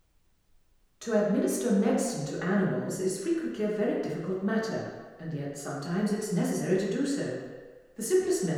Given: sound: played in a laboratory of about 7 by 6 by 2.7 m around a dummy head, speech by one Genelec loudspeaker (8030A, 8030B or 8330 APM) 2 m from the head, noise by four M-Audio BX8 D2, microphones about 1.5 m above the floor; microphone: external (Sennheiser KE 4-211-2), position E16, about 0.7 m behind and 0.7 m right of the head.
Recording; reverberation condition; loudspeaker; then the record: female speech in English; high; 60 degrees to the right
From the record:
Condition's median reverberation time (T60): about 1300 ms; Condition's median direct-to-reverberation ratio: about -4.0 dB